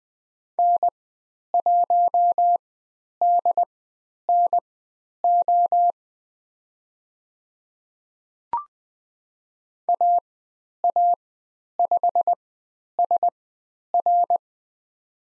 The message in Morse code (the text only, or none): N1DNO AA5SR